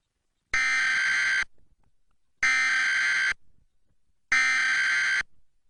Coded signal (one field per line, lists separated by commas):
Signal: Emergency Alert System (SAME) tones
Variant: header bursts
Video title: (SSTEAS REUPLOAD) 10 Years on YouTube - Top 10 SCARY EAS National Tests WITH COMMENTARY